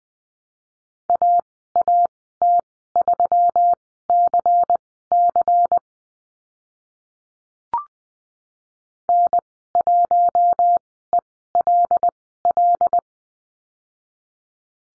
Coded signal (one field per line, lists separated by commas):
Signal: Morse code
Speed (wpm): 20 wpm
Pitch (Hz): 700 Hz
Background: none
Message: AAT3CC N1ELL